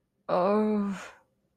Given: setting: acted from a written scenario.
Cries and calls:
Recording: vocal sound without words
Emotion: embarrassment

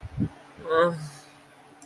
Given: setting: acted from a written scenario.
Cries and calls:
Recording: vocal sound without words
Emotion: distress

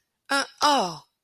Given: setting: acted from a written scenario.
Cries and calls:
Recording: vocal sound without words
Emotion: realization

